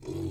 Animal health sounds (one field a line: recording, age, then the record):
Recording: pig call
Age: weaner (32 to 43 days)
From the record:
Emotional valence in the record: negative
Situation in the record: negative conditioning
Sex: female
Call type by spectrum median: low-frequency call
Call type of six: low-frequency stable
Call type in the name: low-frequency stable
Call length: 0.32 s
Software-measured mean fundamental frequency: 46 Hz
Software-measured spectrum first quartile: 124 Hz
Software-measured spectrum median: 290 Hz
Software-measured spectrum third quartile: 430 Hz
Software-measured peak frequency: 340 Hz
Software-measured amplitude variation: 145 dB a second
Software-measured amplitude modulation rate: 26.9 a second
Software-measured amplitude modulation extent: 5.4 dB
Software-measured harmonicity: 2.0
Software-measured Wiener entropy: -0.14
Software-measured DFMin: 1017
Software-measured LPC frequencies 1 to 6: 342, 2375, 3379, 4128, 4831, 5445 Hz